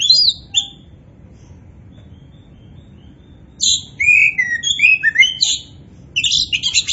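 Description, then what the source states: Oriental magpie-robin song: a short burst of high varied chirps, a long pause, then a rich run of whistled and scratchy phrases. Kacer poci form; described as gacor, an Indonesian term for a bird singing actively and constantly.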